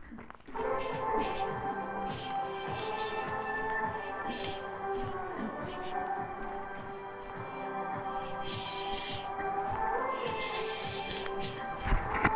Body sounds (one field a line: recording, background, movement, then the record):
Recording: throat clearing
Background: music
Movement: walking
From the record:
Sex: female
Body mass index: 25.5 kg/m2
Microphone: on the chest, facing the body